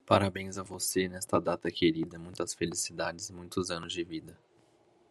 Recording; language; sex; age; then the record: short text; Brazilian Portuguese; male; 20 to 29 years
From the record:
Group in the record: control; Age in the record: 25 years